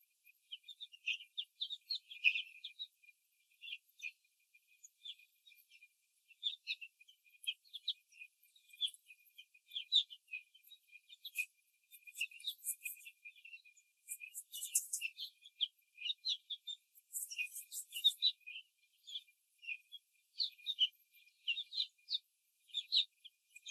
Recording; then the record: young laying hens in a cage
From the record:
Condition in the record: control cage, after the stress test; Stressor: none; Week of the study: 4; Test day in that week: 3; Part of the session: 3